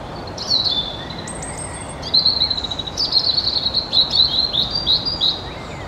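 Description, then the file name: European robin song: a long run of thin, high, varied whistles and trills that shift pitch quickly, with a steady background hiss. "Erithacus rubecula"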